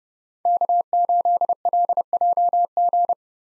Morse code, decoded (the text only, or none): K8LJG